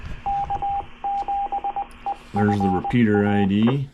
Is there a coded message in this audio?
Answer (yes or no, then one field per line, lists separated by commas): yes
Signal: Morse code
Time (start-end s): 0.3-3.5 s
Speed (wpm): 20 wpm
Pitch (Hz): 800 Hz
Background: speech, radio noise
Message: K7EFA